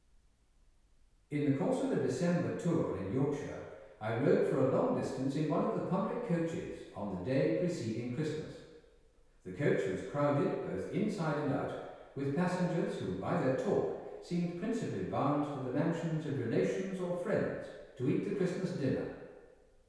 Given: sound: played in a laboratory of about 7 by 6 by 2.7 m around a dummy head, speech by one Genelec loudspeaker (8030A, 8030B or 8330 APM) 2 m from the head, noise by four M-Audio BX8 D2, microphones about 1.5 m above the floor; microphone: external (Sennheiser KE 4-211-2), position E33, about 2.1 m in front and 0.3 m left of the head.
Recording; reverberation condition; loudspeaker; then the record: male speech in English; high; behind (180 degrees)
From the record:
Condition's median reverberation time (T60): about 1300 ms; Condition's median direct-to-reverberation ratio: about -4.0 dB